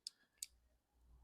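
A crimped terminal pin is pushed into the other cavity of a plastic Deutsch connector housing. Two sharp, bright clicks sound at 0.1 s and 0.4 s over a quiet low hum. The second pin clicks home and is seated.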